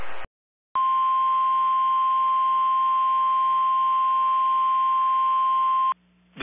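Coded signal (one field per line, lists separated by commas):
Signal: Emergency Alert System (SAME) tones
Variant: 1050 Hz attention tone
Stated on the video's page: Real captured EAS alerts from Virginia and New York.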